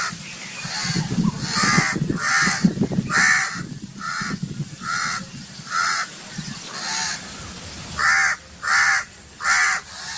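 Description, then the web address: Myna giving a long series of rasping calls roughly every half second to second, over noisy low rumbling background. "animal-sound myna-sound"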